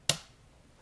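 With the arrow nock fully seated against the string, the safety lever on a crossbow trigger assembly is flipped to the fire position. It gives one sharp snap at 0.1 s, which quickly decays into quiet. The safety is confirmed at fire.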